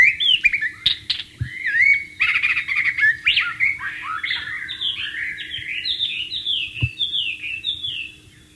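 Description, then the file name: White-rumped shama song, continuous rich stream of rapid whistles, slurred notes and chirps, with a few sharp clicks mixed in. Wild bird, recorded in its natural setting. "suara burung murai batu di alam liar"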